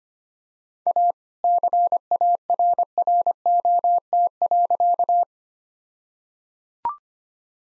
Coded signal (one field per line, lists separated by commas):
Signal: Morse code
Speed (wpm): 25 wpm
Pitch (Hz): 700 Hz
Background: none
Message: A CARROT.